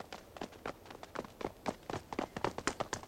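Quick, overlapping footsteps of several children running after a boy, a rapid irregular patter of light thuds that grows slightly louder and denser toward the end, with no voices.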